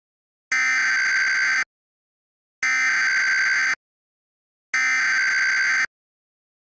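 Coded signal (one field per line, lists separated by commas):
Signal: Emergency Alert System (SAME) tones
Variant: header bursts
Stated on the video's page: Simulated EAS scenario for a West Coast earthquake.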